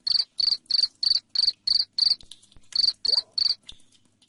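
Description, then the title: Cricket giving a run of sharp, high chirps roughly three a second, a short gap, then three more chirps before fading to faint ticks. Loud cricket chirping (ngerik) played to make lovebirds sing (ngekek) continuously. "Suara JANGKRIK NGERIK Keras Bikin LOVEBIRD Jadi NGEKEK Terus"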